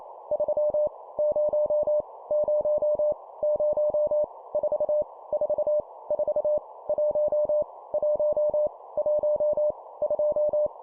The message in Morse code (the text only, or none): 3 0 0 0 4 4 4 1 1 1 2